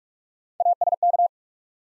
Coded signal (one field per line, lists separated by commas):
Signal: Morse code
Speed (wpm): 44 wpm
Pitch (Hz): 700 Hz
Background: none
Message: A S K